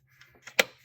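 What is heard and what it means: A brake wear sensor lead on a BMW G30/F90 rear brake is secured into the small plastic retaining door on the caliper or hub. Two faint taps come at about 0.2 and 0.5 seconds, then a sharp click at 0.6 seconds as it seats in place.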